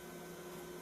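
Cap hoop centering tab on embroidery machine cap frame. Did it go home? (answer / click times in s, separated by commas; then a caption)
no / none. A cap hoop's centering tab is handled on an embroidery machine's cap frame, with a steady mechanical hum and tones near 350 Hz throughout. There are no sharp hits, and nothing has seated or clicked yet.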